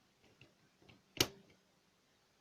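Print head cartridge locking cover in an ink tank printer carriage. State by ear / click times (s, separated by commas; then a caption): seated / 1.2 s. The plastic print head cartridge locking cover in the carriage of a Canon Pixma G2010 ink tank printer is closed over the freshly fitted, fragile print head cartridges. Two faint ticks at 0.4 s and 0.9 s lead to a loud, sharp snap at 1.2 s with a brief springy ring. The cover latches and is set.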